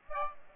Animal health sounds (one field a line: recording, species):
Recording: mosquito wingbeat signal from an infrared sensor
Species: Aedes aegypti